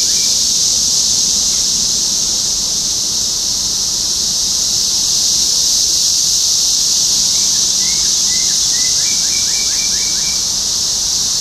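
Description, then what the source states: Cicadas buzzing in a steady, intense, high hiss, while a bird adds a quick burst of chirps toward the end. Topeka, Kansas, 14 June 2015.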